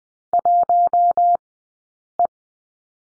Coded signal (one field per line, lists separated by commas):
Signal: Morse code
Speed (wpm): 20 wpm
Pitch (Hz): 700 Hz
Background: none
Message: 1E